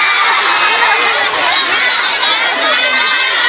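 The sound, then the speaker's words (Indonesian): A large crowd of young voices, students of SMP 3 Cikarang at a school event, shouts and cheers in a continuous, loud roar, with overlapping high-pitched yells and chatter sustained throughout. “Ngapa teriak?”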